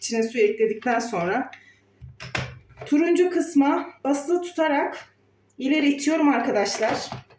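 The water tank with mop of a Roborock S5 Max robot vacuum, its stopper closed after water was added, is pushed forward into the robot while the orange tabs are held down. Someone talks throughout, with a brief sharp handling knock at about 2.4 s. The tank has not clicked or seated yet.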